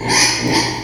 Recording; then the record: squeal of a Yucatan mini pig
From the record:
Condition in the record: before surgery on the right vocal fold (resection and tissue-engineered implant); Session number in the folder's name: 2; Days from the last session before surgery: 0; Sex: male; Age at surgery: 12 weeks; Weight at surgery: 13 kg